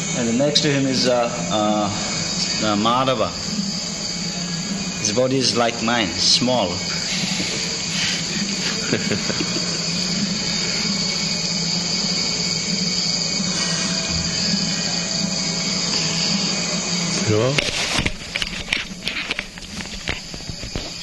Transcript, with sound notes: And next to him is Mādhava. His body is like mine---small. [laughter]
So?